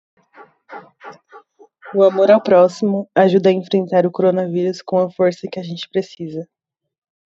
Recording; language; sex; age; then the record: spoken sentence; Brazilian Portuguese; female; 20 to 29 years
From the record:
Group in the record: control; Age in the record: 22 years